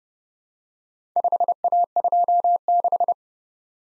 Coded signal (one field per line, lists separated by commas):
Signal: Morse code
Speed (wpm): 30 wpm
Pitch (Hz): 700 Hz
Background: none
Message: 5A26